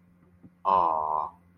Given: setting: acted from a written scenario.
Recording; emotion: vocal sound without words; adoration